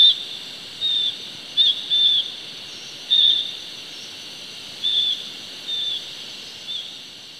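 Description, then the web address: Blue-fronted parrotlet giving brief, high, squeaky call notes at irregular intervals, some paired, against a steady hiss. Recorded in Ecuador. "Birds of Ecuador. Blue-fronted Parrotlet"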